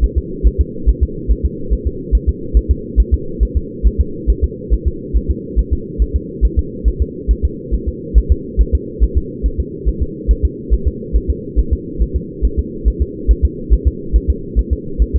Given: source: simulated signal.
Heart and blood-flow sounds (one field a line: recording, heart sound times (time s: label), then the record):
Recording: fetal heart sounds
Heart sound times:
0.04 s: S1
0.18 s: S2
0.47 s: S1
0.61 s: S2
0.89 s: S1
1.03 s: S2
1.31 s: S1
1.46 s: S2
1.73 s: S1
1.87 s: S2
2.15 s: S1
2.29 s: S2
2.57 s: S1
2.71 s: S2
3.00 s: S1
3.14 s: S2
3.43 s: S1
3.57 s: S2
3.87 s: S1
4.01 s: S2
4.30 s: S1
4.44 s: S2
4.74 s: S1
4.88 s: S2
5.17 s: S1
5.30 s: S2
5.59 s: S1
5.73 s: S2
6.02 s: S1
6.16 s: S2
6.45 s: S1
6.59 s: S2
6.88 s: S1
7.02 s: S2
7.31 s: S1
7.45 s: S2
7.75 s: S1
7.88 s: S2
8.18 s: S1
8.32 s: S2
8.61 s: S1
8.75 s: S2
9.04 s: S1
9.18 s: S2
9.46 s: S1
9.60 s: S2
9.88 s: S1
10.03 s: S2
10.31 s: S1
10.45 s: S2
10.74 s: S1
10.88 s: S2
11.16 s: S1
11.30 s: S2
11.59 s: S1
11.73 s: S2
12.02 s: S1
12.16 s: S2
12.45 s: S1
12.59 s: S2
12.88 s: S1
13.02 s: S2
13.31 s: S1
13.45 s: S2
13.73 s: S1
13.87 s: S2
14.16 s: S1
14.30 s: S2
14.59 s: S1
14.73 s: S2
15.02 s: S1
15.16 s: S2
From the record:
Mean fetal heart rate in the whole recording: 140 bpm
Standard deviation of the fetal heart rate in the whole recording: 2 bpm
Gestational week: 34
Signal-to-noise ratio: -4.3 dB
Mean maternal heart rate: 72 bpm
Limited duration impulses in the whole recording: absent